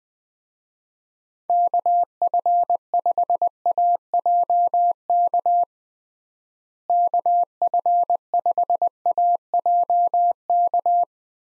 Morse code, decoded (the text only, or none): KF5AJK KF5AJK